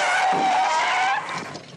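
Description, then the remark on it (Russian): A car brakes hard as a man walking ahead runs into it, its tires letting out a loud, high-pitched screech that holds steady for about a second before fading away. No voices are heard. “Немного постояв, он идет вперед, задумавшись, и сталкивается с машиной.”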